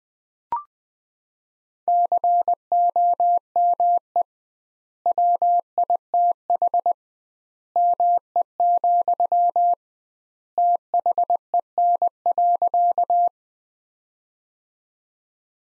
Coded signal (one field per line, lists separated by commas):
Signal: Morse code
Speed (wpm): 20 wpm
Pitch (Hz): 700 Hz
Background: none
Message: COME WITH ME, THEN.